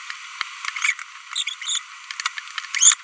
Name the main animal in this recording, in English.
Green-rumped Parrotlet